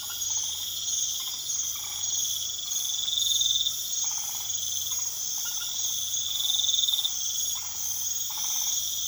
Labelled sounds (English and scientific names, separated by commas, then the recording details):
none
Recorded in pastures near Puerto Asís, Putumayo, Colombia, on 21 March 2025 at 22:00
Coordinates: 0.487, -76.322
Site G077